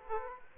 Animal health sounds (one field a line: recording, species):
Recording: mosquito wingbeat signal from an infrared sensor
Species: Aedes aegypti